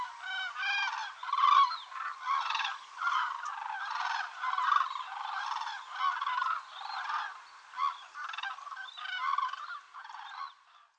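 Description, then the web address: Cranes calling as a flock, overlapping loud trumpeting and honking notes sounding almost without pause for the whole eleven seconds. "bird crane"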